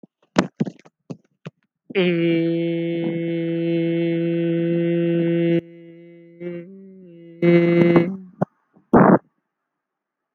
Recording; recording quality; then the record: sustained vowel as in made; excellent, no background noise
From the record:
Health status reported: healthy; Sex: male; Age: 29 years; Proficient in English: yes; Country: India